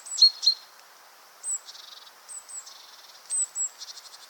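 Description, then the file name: Great tit calls: thin, high notes that drop sharply, given in short bursts with gaps between them over a steady background hiss. "Parus major"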